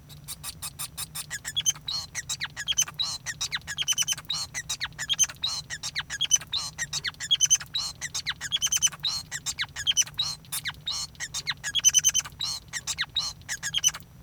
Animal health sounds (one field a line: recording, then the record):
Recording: song of a male Bengalese finch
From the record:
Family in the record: son of father 5